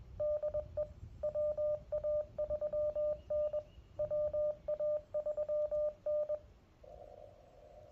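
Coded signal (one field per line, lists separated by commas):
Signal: Morse code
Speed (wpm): 21 wpm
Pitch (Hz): 600 Hz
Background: radio noise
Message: DE WA3N WA3N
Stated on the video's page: Park activation in CW with QRPLabs QMX, paddle, JPC7 dipole, solar battery.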